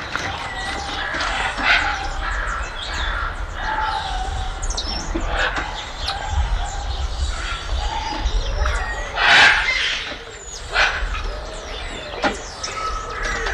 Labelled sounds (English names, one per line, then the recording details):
Golden-headed Lion Tamarin call
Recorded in captivity
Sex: group
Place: Zoo Magdeburg, Sachsen-Anhalt, DE
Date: 1995-04-05
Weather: sonnig, 8°C
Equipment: Sony WM-D6C, Mikro Philips, Kopie Uher 4200 Report Mono
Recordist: Tembrock, Günter
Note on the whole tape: Laute in Gruppe